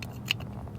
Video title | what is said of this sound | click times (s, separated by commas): Fix your own fog lights #replaceheadlights #replacehighbeamlight #carstuf #savemoney | on the light bulb should snap right into place a little | 0.3 s